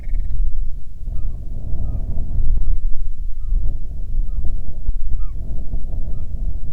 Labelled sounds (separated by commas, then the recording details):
bird, wind
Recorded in the Prudhoe Bay oil fields, Alaska, on 6 June 2019 at 03:44
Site 16